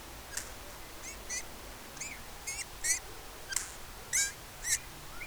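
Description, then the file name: Eurasian bullfinch calls: many brief whistled notes with bright harsh overtones, repeated in an irregular series against a low background hum. "Pyrrhula pyrrhula"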